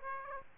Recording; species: mosquito wingbeat signal from an infrared sensor; Aedes aegypti